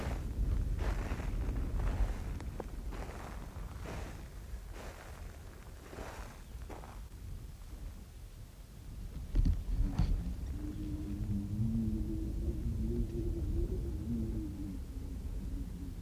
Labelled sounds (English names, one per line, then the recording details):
Arctic Fox
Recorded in the wild
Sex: male
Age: adult
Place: Insel Mednyi, Kommandeur-Inseln, RU
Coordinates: 54.5167, 168.083
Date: 1999-06-29 18:08
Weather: gute Sicht, 7°C, fast windstill
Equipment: Sony WM-D6C, Sennheiser MKH 70, Windkorb, Kopie Sony TCD-D8
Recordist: Frommolt, Karl-Heinz
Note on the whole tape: Südosten der Insel, 2. Tal nördlich der Hütten: Bellstrophen von Polarfuchsrüden rechts Grün/Grün 65. Tier läuft am Schneefeld nach oben. Entfernung 40 - 100 m. Folge dem Tier dann in 40 - 50 m Entfernung